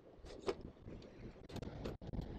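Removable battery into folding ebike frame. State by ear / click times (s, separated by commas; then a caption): seated / 0.5 s. A large removable battery is lined up on its channel, slid into the frame of a OneSport OT16-2 folding ebike, and pressed until it locks in place with a sharp click at 0.5 s. Softer scraping and tapping follow, and the battery is seated.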